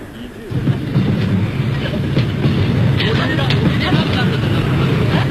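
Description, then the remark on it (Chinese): A train rolls along the rails in winter with a steady, heavy low rumble and faint rhythmic clatter, holding at an even, fairly loud level throughout. “接着是冬天，两个刑警压着耕作坐上火车。”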